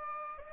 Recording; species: mosquito wingbeat signal from an infrared sensor; Aedes aegypti